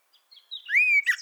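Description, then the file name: Eurasian blackbird giving a single fluted whistle that rises and falls, followed by a short squeaky twitter. "Turdus merula"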